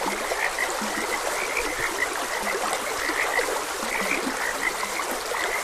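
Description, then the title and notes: Frogs croaking steadily, with frequent high chirps and several low, short croaks, all over the constant sound of flowing water. Several frogs croaking beside a gentle stream. "Frogs Croaking. Sleep and Relaxation Podcast"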